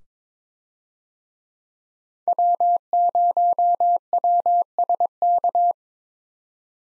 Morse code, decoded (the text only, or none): W0WSK